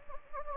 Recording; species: mosquito wingbeat signal from an infrared sensor; Anopheles gambiae